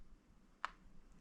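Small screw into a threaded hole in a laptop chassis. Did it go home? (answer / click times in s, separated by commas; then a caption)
yes / 0.7 s. A small screw is turned back to the left in a threaded hole in the chassis of an M1 MacBook Pro 2020 (A2338) until it catches its thread, then tightened to the right; this helps get it in without stripping it. A single sharp, bright click sounds at 0.7 seconds as the thread catches and the screw seats, followed by a fainter low tap near 1.3 seconds against a quiet background.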